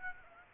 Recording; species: mosquito wingbeat signal from an infrared sensor; Aedes aegypti